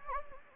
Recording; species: mosquito wingbeat signal from an infrared sensor; Anopheles gambiae